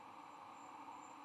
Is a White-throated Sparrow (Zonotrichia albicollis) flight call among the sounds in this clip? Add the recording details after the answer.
no. No flight call is heard. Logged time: 02:51 on 9 November 2014